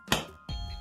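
A front wheel is pushed down onto the plastic axle mount of an IBIYAYA Hercules pet stroller and latches with a sharp click at 0.1 s. A softer, lower thump and ongoing noise follow around 0.5 s. The wheel is seated and tight on the axle.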